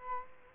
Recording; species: mosquito wingbeat signal from an infrared sensor; Culex quinquefasciatus